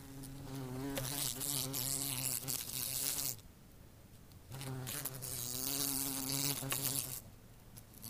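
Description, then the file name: Bumblebee buzz in two separate bursts, each a low wavering drone lasting a few seconds, with a quiet gap between them. "zvuki shmelia"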